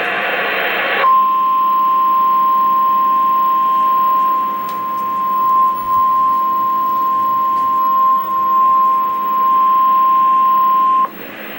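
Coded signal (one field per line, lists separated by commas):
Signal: Emergency Alert System (SAME) tones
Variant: 1050 Hz attention tone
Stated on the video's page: Tornado warning for Aroostook County, Maine, captured off the air.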